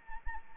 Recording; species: mosquito wingbeat signal from an infrared sensor; Anopheles arabiensis